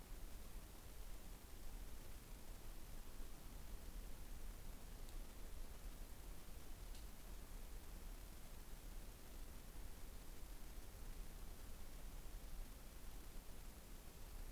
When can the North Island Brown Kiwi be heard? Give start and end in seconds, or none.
none